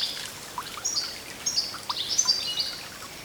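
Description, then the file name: European goldfinch calls, a few high thin twittering notes in short bursts over a steady background hiss like running water. "Carduelis carduelis"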